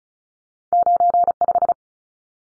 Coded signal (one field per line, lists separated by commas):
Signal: Morse code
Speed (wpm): 34 wpm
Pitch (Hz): 700 Hz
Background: none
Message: 95